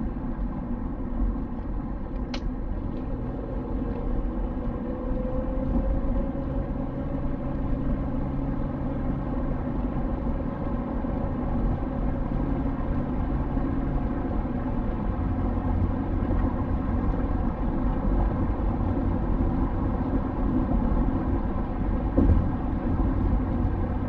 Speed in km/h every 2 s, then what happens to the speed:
57, 65, 73, 76, 83, 90, 94, 95, 94, 94, 94, 94.
0-12 speeds up to 94. 12-24 steady at about 94.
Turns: none.